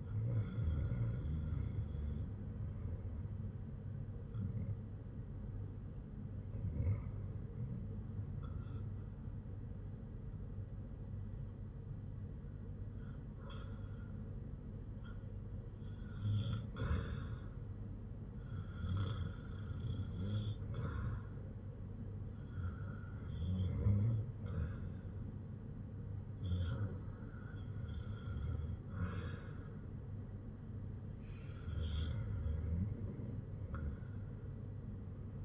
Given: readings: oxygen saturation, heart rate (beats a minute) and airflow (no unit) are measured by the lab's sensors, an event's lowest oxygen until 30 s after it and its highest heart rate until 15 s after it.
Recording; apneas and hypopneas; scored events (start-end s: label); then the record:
breathing in sleep by a smartphone at the bedside; none
none scored
From the record:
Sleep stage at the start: REM sleep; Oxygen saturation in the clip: 88 to 91%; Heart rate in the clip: 61 to 75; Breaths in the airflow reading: 7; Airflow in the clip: -8.8 to 4.4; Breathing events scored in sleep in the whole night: 182 in 7.4 hours asleep